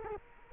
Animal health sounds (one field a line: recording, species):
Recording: mosquito wingbeat signal from an infrared sensor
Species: Culex quinquefasciatus